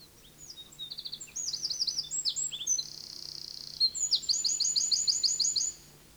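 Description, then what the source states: Eurasian Wren song, a loud, fast outpouring of high, bright trills and rattles, with quick runs of notes changing pitch for about five seconds. Loud song heard in a brushy spruce-swamp hollow with a stream running through it, Finland.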